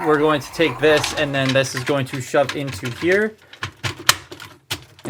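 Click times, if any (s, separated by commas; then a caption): 4.1 s. Someone talks for about three seconds while a plastic part is shoved into a socket on a combining robot toy. A few soft clicks and handling sounds follow, then the part clicks into place with a sharp snap at 4.1 s, seating it. Several lighter clicks come after.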